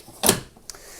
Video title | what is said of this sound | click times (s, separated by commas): How to Replace the Dispenser Drawer Front on a Kenwood Washing Machine | To put it back, simply put it back in until you hear the click. | 0.3 s